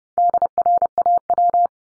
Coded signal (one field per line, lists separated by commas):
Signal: Morse code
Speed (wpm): 30 wpm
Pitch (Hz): 700 Hz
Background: none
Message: DRAW